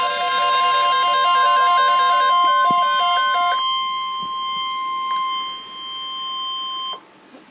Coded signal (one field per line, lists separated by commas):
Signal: Emergency Alert System (SAME) tones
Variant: 1050 Hz attention tone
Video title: EAS #22: Severe Thunderstorm Watch #406 - July 10, 2013